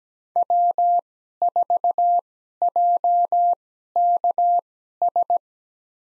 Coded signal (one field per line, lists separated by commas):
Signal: Morse code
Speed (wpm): 17 wpm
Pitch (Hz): 700 Hz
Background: none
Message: W4JKS